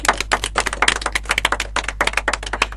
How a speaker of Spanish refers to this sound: Muy bien, excelente. Aplausos para...